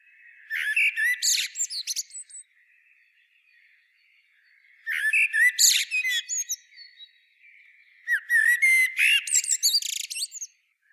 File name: Turdus merula